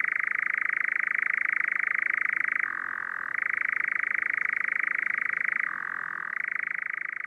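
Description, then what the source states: European nightjar churring: a continuous, dry mechanical purr that drops slightly in pitch twice, near three and six seconds, then returns to its steady tone. Nocturnal insect-eater of barren heaths, rocky pine forests and bogs; long-distance migrant that summers in southern Finland.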